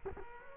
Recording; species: mosquito wingbeat signal from an infrared sensor; Culex quinquefasciatus